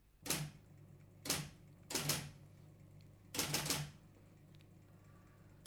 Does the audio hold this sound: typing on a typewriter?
yes